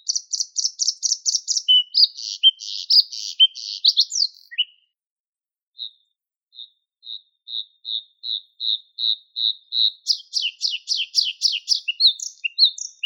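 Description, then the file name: Bluethroat song: fast buzzy trill and mixed chirps, a short silence, then a steady row of high ticks speeding up into repeated sharp metallic phrases. "Luscinia svecica"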